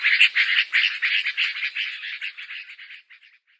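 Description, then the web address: Yellow-vented bulbul chatter, a quick run of husky notes that slows and fades away after about three seconds. "Schulze Peter Yellow-vented Bulbul calls"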